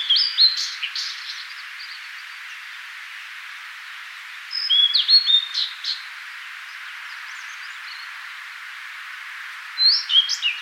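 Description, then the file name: Blue-and-white flycatcher gives three whistled song phrases of sliding high notes, separated by pauses with faint chirping, the last cut off at the end. "Cyanoptila cyanomelana"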